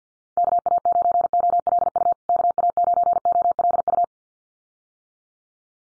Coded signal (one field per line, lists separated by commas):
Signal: Morse code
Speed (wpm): 50 wpm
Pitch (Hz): 700 Hz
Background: none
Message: KA9OLU KA9OLU